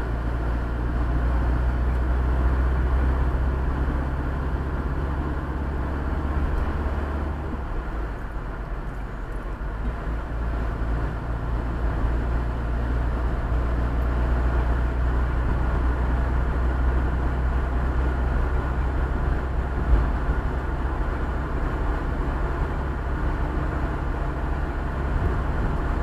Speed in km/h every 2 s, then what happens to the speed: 42, 45, 50, 52, 53, 54, 55, 57, 59, 60, 62, 63, 66.
0-26 speeds up to 66.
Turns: none.